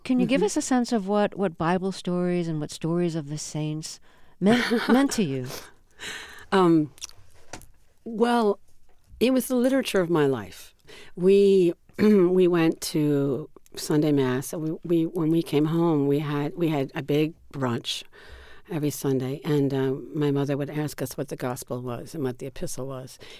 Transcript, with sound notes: give us a sense of what Bible stories and what stories of the saints meant to you?
(SOUNDBITE OF LAUGHTER)
Well, it was the literature of my life. We went to Sunday mass and when we came home we had a big brunch every Sunday. And my mother would ask us what the Gospel was and what the Epistle was,